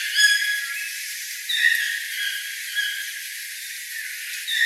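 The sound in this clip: Toucans giving harmonic yelping calls: a cluster at the start, then a few single notes, against a hissing background.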